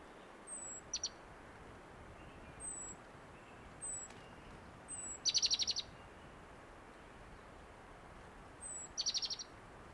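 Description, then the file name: Great tit calling: several short high, thin whistles with three quick runs of sharp chattering notes, repeated irregularly over steady background hiss. "Parus major"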